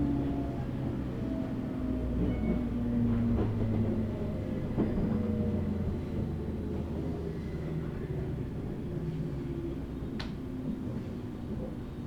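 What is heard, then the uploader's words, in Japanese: Steady low rumble from inside a moving train, heavy in the bass, with a faint drifting tone and soft rattles across the run. Occasional brief clicks punctuate it, with a sharper knock near ten seconds. The loudness holds even throughout, swelling slightly around three seconds. 鹿児島本線・筑豊本線 九州工大前→折尾→本城。北九州市内の工業地帯を行くので貨物用の側線が多く並んでいて。スペースワールド駅で特急を待避し折尾駅に到着します。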